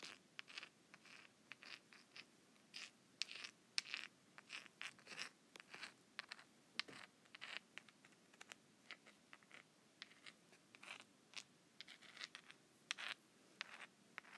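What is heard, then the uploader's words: Rocks rub and grind against each other in short, rasping strokes, each a gritty scrape lasting a fraction of a second. The strokes come irregularly but steadily, several per second, some sharper and brighter than others, over a faint low rumble between them. ASMR Rock Rubbing.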